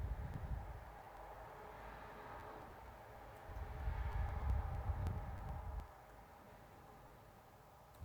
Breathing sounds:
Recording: nose breathing near a microphone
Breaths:
0.00-1.47 s: exhalation
1.47-3.23 s: inhalation
3.23-5.97 s: exhalation
5.97-7.83 s: inhalation
7.83-8.05 s: exhalation
From the record:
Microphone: phone

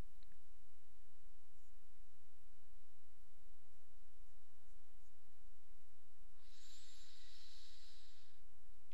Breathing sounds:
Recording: nose breathing near a microphone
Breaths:
6.33-8.94 s: inhalation
From the record:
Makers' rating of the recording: medium

